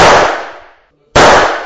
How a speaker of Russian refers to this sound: Прицелившись, он выстрелил. Сначала в один динамик, затем во второй.